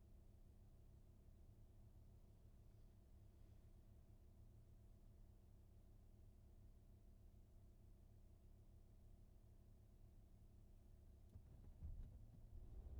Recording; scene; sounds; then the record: everyday scene through a hearing-aid microphone; in a vehicle; engine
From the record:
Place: VW T5 Caravelle, diesel engine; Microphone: behind the ear, right, front